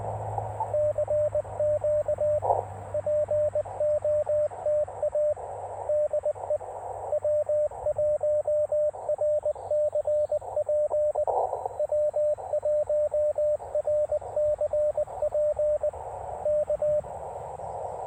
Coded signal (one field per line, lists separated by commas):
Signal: Morse code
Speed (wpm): 20 wpm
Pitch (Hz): 590 Hz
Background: radio noise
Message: CQ POTA DE W1RCP W1RCP K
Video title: Can this antenna POTA? 📶17’ RandoWire QRP antenna 📡